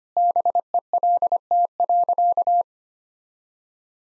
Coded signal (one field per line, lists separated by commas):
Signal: Morse code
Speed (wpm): 25 wpm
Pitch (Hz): 700 Hz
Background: none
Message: BELT.